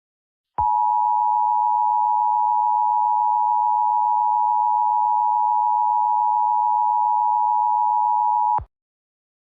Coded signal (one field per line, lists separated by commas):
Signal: Emergency Alert System (SAME) tones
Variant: 853 and 960 Hz attention tone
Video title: EAS Scenario 3: Transfur Infection (REMASTERED) | Collab with @maxwellicat